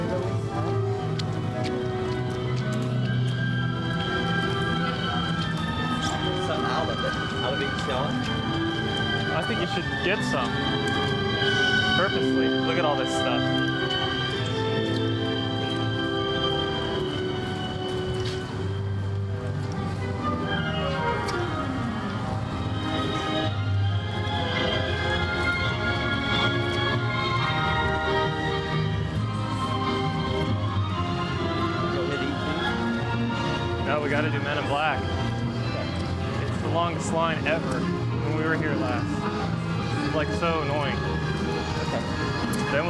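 A walk through a park between attractions, with a dense, steady wash of crowd chatter and voices throughout. Music-like tones and sliding pitches weave through the mix, especially after twenty seconds, and scattered clopping footfalls and short sharp sounds come and go.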